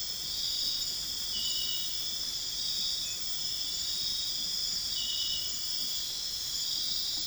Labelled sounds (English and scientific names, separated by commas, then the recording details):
none
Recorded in dense forest near Puerto Asís, Putumayo, Colombia, on 18 February 2024 at 02:00
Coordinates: 0.502, -76.324
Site G6370